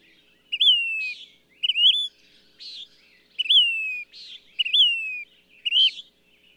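Bird song made of pure whistles sliding downward, each paired with a rough buzzy note, repeated several times in a quiet setting.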